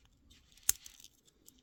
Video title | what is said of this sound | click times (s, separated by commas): Model monday: Part 1 Chevy Impala | just snap right in | 0.7 s